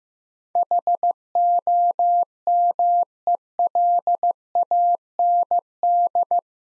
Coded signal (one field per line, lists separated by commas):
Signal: Morse code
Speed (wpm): 15 wpm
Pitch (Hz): 700 Hz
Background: none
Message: HOMELAND